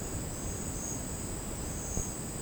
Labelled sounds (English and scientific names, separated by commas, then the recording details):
none
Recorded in secondary vegetation near Puerto Asís, Putumayo, Colombia, on 12 March 2025 at 12:00
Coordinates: 0.481, -76.318
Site G097